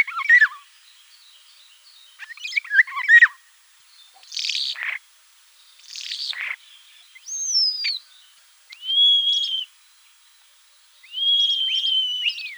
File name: Sturnus vulgaris